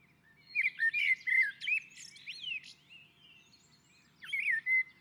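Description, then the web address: Common blackbird warbling a fluty, varied phrase with high squeaky notes, a soft quieter passage, then a brief whistled ending. On a roof. "Naturinspelningar Koltrast på taket"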